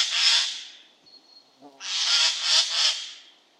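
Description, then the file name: Eurasian jay uttering loud, hoarse screeches: one rasp, then after a short gap a longer, pulsing rasp. "Garrulus glandarius"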